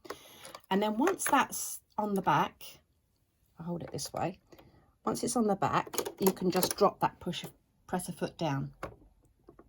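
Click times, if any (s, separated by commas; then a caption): 9.5 s, 9.6 s. Someone talks while a Janome gathering foot, already hooked on at the back, is fitted onto the sewing machine's presser foot holder by dropping the presser foot lever and pushing the foot down. A soft double click sounds at 9.5 s and 9.6 s as the foot snaps down into place and is seated.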